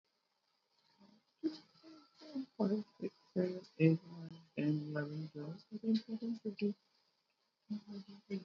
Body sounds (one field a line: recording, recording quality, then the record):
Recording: counting at a normal pace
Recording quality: poor, much background noise or distortion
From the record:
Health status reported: COVID-19 positive, no symptoms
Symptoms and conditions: sore throat, muscle pain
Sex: female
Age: 50 years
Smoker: not ticked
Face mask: not worn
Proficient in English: no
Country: India